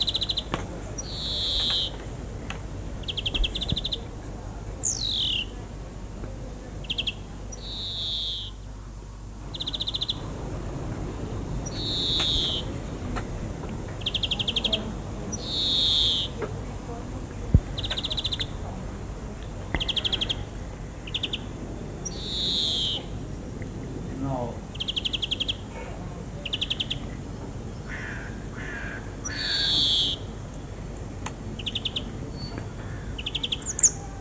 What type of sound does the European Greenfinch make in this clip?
song